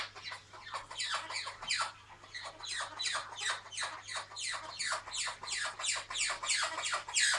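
Blue-headed parrot calls, rasping squawks falling in pitch, repeated quickly and unevenly throughout.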